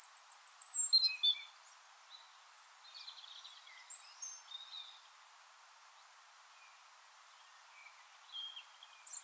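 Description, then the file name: European robin song: thin, high, varied phrases of sweet notes and short trills, in bursts separated by brief pauses, with a soft background hiss. "Erithacus rubecula"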